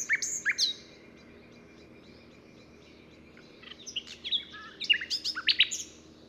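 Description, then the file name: Common nightingale song: loud whistled notes, a long pause, then a burst of varied chirps and sweeps. "Luscinia megarhynchos"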